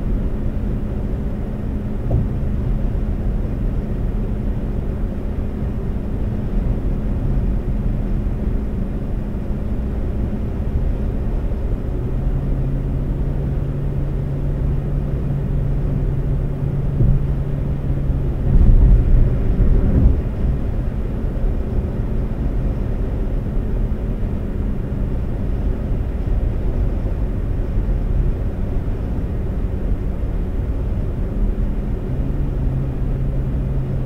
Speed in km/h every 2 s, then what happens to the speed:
126, 126, 126, 126, 124, 124, 124, 124, 126, 126, 126, 127, 127, 126, 126, 126, 126.
0-34 steady at about 126.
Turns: none.